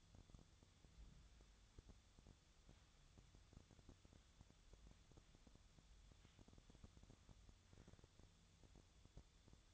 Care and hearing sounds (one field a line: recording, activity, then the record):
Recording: daily activity, microphone in the room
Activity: wipe stove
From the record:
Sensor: 3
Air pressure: 1004.8 hPa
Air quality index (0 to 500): 74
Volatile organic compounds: 2 ppm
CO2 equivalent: 1117 ppm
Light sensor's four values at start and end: 8/19/8/7 and 8/19/8/7